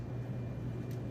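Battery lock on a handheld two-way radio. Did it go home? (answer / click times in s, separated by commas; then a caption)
no / none. A battery that has been slipped into the back of an SR3 handheld two-way radio is being handled, with its battery lock not yet pushed shut. A steady low hum runs throughout, with a faint brief hiss near 0.9 s. Nothing has seated or clicked yet.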